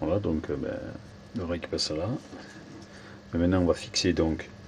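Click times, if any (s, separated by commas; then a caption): none. A hand-made adjustable bipod part is handled next to the machined recess cut for it while someone talks, with a faint steady hum underneath. The clip ends just before the part is pushed home, so nothing has seated or clicked yet.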